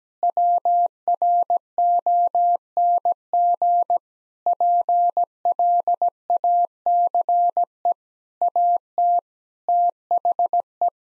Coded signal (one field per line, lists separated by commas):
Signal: Morse code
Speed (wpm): 17 wpm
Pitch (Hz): 700 Hz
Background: none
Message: WRONG PLACE AT THE